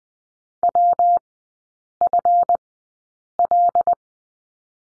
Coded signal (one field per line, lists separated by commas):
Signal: Morse code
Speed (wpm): 19 wpm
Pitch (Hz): 700 Hz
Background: none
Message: WFL